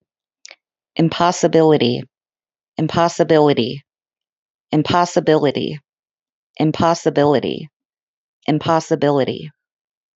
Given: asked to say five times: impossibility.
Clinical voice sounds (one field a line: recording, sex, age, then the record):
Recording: repeated word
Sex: female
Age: 30 to 39 years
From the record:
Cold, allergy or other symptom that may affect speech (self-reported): no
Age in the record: 38 years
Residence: New York, United States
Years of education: 16